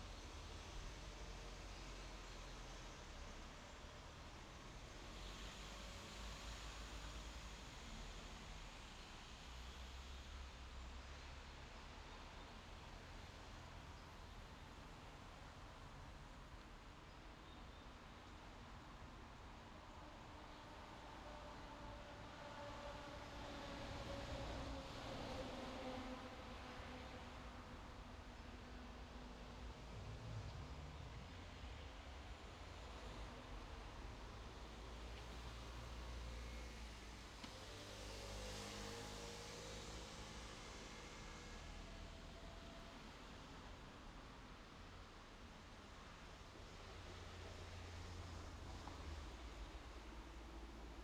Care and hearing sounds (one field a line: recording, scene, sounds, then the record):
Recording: everyday scene through a hearing-aid microphone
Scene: in traffic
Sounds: traffic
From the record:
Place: main road on the outskirts, rush hour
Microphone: in the ear canal, left